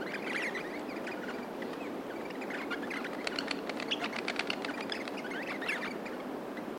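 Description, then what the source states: Crimson rosella group chirping: many sharp, high chirps and clicks overlapping quickly, densest through the middle seconds, over a low steady background hiss. A group of Australian rosellas chirping.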